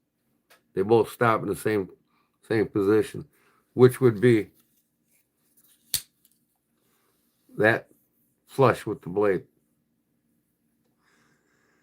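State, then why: Seated. A folding knife's blade locks against the rocker lock bar in its handle, with the lock parts stopping at the same position, flush with the blade. Someone talks before and after a single sharp snap at 5.9 s as the blade seats into its locked position.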